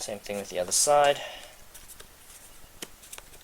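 Someone talks briefly while handling the second side of a Dye i4 paintball mask's goggle lens, working the lens hinge hook toward its plastic lock on the mask frame. After the talking, only faint, sharp handling ticks are heard. Nothing has seated or clicked yet.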